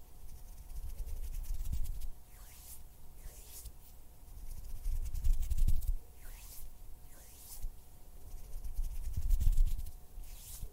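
Hand and mouth sounds: soft, breathy hisses swell and fade about once a second, while low, muffled fluttering rubs and thumps build in bursts near 1, 5 and 9 seconds. A faint steady hum runs underneath throughout.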